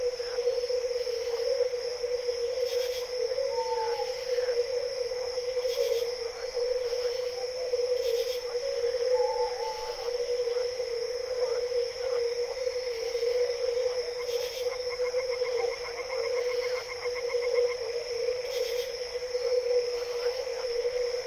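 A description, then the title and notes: A night chorus of frogs and crickets trills without pause, a steady buzzing drone held at one pitch with a high shrill layer above it. Short chirping calls poke through now and then, and brief whistled notes appear around four and nine seconds. Frogs sounds "Forest Sounds at Night", owls, crickets. Chorus of frogs, birds and crickets.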